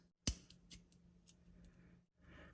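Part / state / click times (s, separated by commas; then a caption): plastic hand lock piece into forearm of model kit / seated / 0.3 s. On an RG Gaogaigar plastic model kit, the hand is rotated and pressed so the plastic lock piece goes back into its original place in the forearm. It seats with a sharp plastic click at 0.3 s, followed by fainter light ticks of handling at about 0.5, 0.7, 0.9, 1.3 and 2.6 s.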